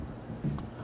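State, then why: Seated. A pulled plastic wiring harness connector for the CAN C line is pushed into its mating plastic harness connector during a 2019-2024 RAM Heavy Duty 12-inch full digital speedometer installation. Against a low background rumble, a short, sharp click comes at 0.6 s as the connector seats and the CAN C is connected.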